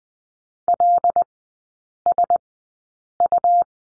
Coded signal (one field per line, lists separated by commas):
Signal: Morse code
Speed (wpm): 20 wpm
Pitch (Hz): 700 Hz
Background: none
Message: LSU